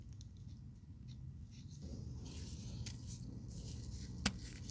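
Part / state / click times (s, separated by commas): vapor canister filter fitting into canister housing / seated / 4.3 s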